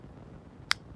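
A replacement ABKT Saber fixed-blade neck knife is pushed back into its molded plastic neck sheath, snapping in with a single loud, sharp, bright click at 0.7 s over low background noise. The knife is seated in the sheath.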